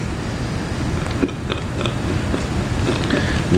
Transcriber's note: laughter